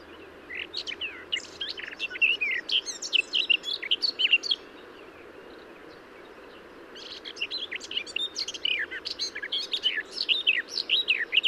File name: Garden-Warbler- -Sylvia-borin